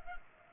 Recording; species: mosquito wingbeat signal from an infrared sensor; Culex pipiens